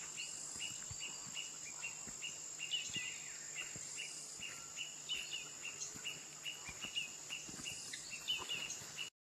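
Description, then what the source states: Woodpecker calling with brief clipped notes in a quick, even run, while a thin, continuous insect buzz hums above. 15 March 2004, morning.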